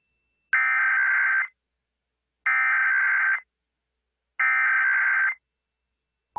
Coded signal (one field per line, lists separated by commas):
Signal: Emergency Alert System (SAME) tones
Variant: header bursts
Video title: 2017 Nationwide EAS Test